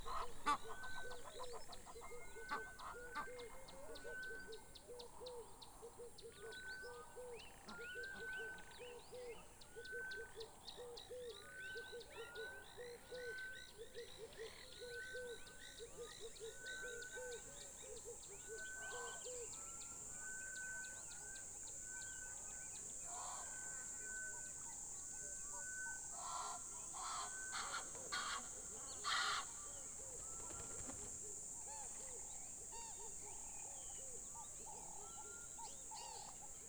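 Birds call across Mmabolela Reserve in Limpopo, South Africa, with a repeated short upward-swooping note sounding every second or so through most of the recording. A steady high hiss of insects runs throughout, and a few sharp clicks and knocks come between 25 and 30 seconds.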